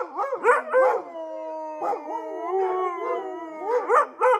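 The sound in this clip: Dog gives a few quick yips, then a sustained, wavering howl, ending with another short burst of yips.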